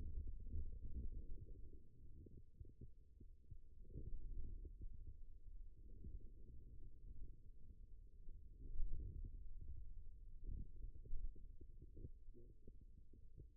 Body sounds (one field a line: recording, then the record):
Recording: forearm muscle sounds (acoustic myography)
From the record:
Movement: radial deviation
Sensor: system 2, bracelet of six BSWA MPA416 microphones around the upper forearm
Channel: 6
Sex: male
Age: 22 years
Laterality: right